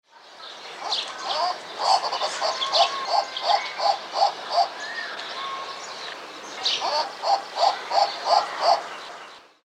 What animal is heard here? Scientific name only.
Tauraco leucotis